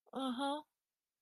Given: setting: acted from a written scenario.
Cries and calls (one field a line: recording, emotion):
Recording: vocal sound without words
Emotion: sympathy